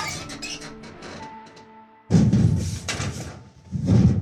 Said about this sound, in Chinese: 再转到车后厢，有一把锁徐徐挂着，一个使力居然也吱呀一声开了。